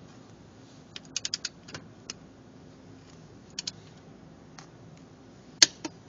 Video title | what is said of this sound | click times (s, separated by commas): Auto 125 Lesson 10 -Using a Torque Wrench | there it is that click indicated 95 foot lbs on that nut | 5.6 s